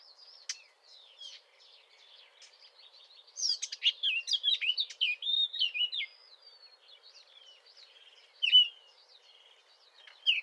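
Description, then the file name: Eurasian blackcap song: soft, scratchy twittering throughout, then a louder burst of rapid warbled phrases midway and brief sharp notes near the end. "Sylvia atricapilla"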